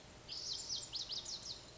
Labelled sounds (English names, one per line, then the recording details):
Lazuli Bunting
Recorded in Sonoma County, California